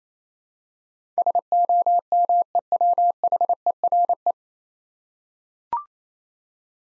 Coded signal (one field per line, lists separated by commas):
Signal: Morse code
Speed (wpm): 27 wpm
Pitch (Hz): 700 Hz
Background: none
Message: SOMEWHERE